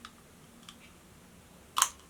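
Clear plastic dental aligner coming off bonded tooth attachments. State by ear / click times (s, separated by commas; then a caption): released / 1.8 s. A clear plastic dental aligner, the second one, is pulled off the adhesive attachments bonded to the teeth. Two faint small clicks come at 0.1 s and 0.7 s, then a sharp, much louder snap at 1.8 s as it releases. No one talks, and the aligner comes off easily.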